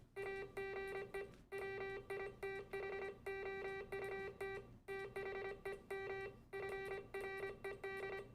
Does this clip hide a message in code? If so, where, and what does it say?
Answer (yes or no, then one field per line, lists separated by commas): yes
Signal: Morse code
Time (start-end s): 0.2-8.2 s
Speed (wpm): 26 wpm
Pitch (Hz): 2350 Hz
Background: music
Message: AGE WITHOUT THEM FRED